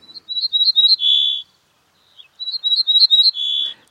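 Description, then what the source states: Ortolan bunting song: a phrase of four or five short, clear, high notes followed by one longer, slightly lower note, sung twice with a pause between. Recorded at Nîmes, France, across the Pyrenees from Catalonia; a regional dialect rendered 'tui tui tui tui tu', differing from the Spanish 'tui tui tui tui tui tu' song.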